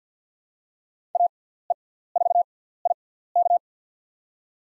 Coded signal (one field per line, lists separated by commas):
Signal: Morse code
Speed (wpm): 50 wpm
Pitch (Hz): 700 Hz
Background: none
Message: AE4IK